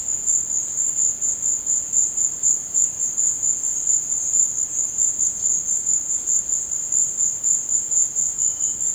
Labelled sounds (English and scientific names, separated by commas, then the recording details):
none
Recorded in dense forest near Puerto Asís, Putumayo, Colombia, on 19 March 2025 at 16:00
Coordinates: 0.481, -76.323
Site G088